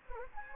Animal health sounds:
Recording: mosquito wingbeat signal from an infrared sensor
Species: Anopheles gambiae

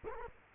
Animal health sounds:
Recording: mosquito wingbeat signal from an infrared sensor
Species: Culex quinquefasciatus

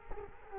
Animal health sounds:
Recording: mosquito wingbeat signal from an infrared sensor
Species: Culex quinquefasciatus

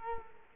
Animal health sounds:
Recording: mosquito wingbeat signal from an infrared sensor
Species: Culex quinquefasciatus

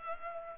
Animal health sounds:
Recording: mosquito wingbeat signal from an infrared sensor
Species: Culex pipiens

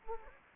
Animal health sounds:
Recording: mosquito wingbeat signal from an infrared sensor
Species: Anopheles gambiae

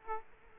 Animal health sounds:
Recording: mosquito wingbeat signal from an infrared sensor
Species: Aedes aegypti

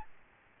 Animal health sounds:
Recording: mosquito wingbeat signal from an infrared sensor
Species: Aedes albopictus

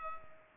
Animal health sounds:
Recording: mosquito wingbeat signal from an infrared sensor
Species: Culex pipiens

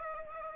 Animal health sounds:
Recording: mosquito wingbeat signal from an infrared sensor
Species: Aedes aegypti

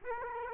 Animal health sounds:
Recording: mosquito wingbeat signal from an infrared sensor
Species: Aedes aegypti

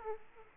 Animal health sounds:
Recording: mosquito wingbeat signal from an infrared sensor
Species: Aedes aegypti

